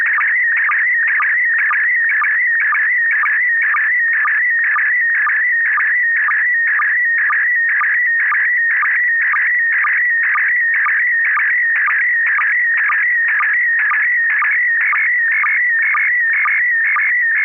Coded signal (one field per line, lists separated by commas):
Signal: SSTV (slow-scan television)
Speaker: this is kp4md this is a uh a view of the uh uh it's a transceiver it's a Chinese transceiver it's the USDX plus it's a single board